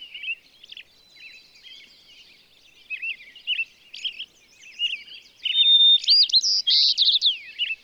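Bird singing a running warble of short chirps and slurred whistles, quieter at first, then a loud burst of sweeping whistled notes near the end.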